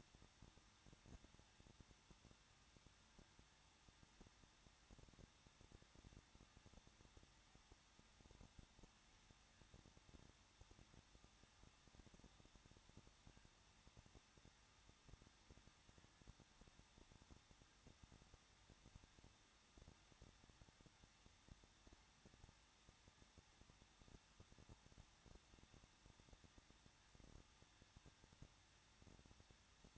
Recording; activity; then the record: daily activity, microphone in the room; no activity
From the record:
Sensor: 3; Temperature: 21.2 degrees Celsius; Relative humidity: 36.3%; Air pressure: 1006.3 hPa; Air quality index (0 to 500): 221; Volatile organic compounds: 41 ppm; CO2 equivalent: 3158 ppm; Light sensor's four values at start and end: 2/3/2/2 and 2/3/2/2